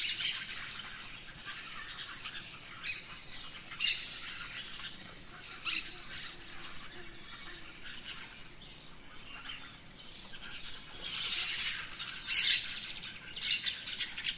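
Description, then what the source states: Birds: dawn bird chorus with scattered sharp chirps and trills, a quieter middle stretch, then a loud cluster of calls from about eleven seconds. Dawn chorus of rainforest birds, Gran Sabana, Venezuela.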